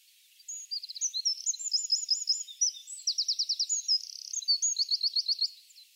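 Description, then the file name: Eurasian wren song, a rush of high piercing notes with several rapid trills, then stopping abruptly. "Troglodytes troglodytes"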